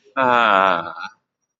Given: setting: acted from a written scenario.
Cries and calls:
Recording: vocal sound without words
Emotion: serenity

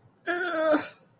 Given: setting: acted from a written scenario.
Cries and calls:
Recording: vocal sound without words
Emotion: embarrassment

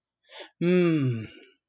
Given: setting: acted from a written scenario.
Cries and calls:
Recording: vocal sound without words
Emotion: pride

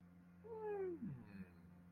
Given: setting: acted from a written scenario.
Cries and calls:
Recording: vocal sound without words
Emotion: interest

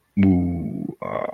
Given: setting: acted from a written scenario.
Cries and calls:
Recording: vocal sound without words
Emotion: contempt

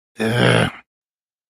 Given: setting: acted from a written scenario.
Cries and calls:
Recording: vocal sound without words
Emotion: contempt

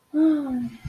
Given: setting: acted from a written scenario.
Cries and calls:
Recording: vocal sound without words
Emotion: sadness

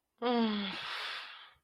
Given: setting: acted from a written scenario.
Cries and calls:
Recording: vocal sound without words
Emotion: disappointment

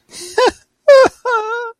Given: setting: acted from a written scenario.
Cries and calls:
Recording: vocal sound without words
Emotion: sadness

